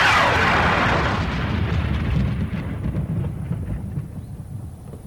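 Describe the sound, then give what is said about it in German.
A thunderstorm: a loud crack of thunder opens into a deep, rolling rumble that stays heavy for several seconds and slowly fades, with no voices over it. “Ein Mordsgewitter wünsch ich euch!”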